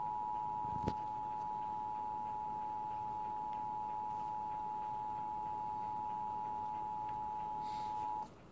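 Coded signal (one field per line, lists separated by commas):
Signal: Emergency Alert System (SAME) tones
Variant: 853 and 960 Hz attention tone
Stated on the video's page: Severe Thunderstorm Warning received via television EAS.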